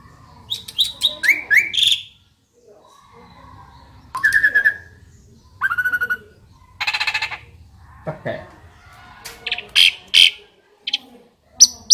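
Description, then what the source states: Asian pied starling song, a varied run of loud whistled notes, upslurs and harsh buzzy bursts separated by short pauses. Indonesian name jalak suren; described as a champion (juara) songbird.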